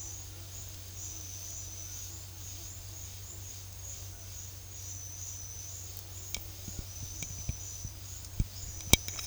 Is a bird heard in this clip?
no